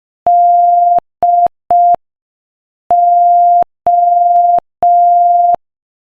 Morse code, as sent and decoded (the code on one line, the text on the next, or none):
-.. ---
DO